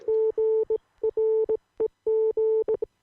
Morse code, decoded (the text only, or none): GREG